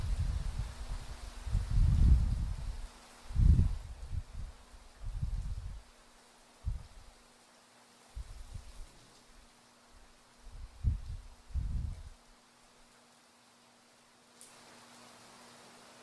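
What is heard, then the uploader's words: Low thunder rumbles in uneven bursts over a soft, steady rain hiss and a faint constant hum, fading to quiet rain near the end. Sounds of a gentle thunderstorm as the thunder rolls and rain falls.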